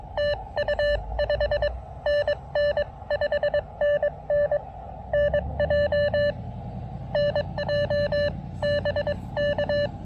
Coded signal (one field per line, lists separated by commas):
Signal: Morse code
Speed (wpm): 22 wpm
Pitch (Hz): 600 Hz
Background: none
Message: TU 5NN 5NN NJ NJ BK